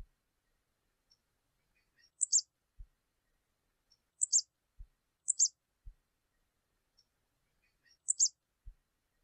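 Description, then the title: Canary calls as brief paired high chirps in irregular bursts, several trailed by a dull low knock, with faint clicks in the quiet gaps. Portuguese canary breed. "Kenari Portugis"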